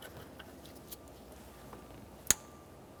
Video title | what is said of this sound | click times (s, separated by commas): How to Replace Coolant Temperature Sensor 2007-2017 Jeep Patriot | After an audible click, a light tug on that connector, making sure it's not falling off. | 2.3 s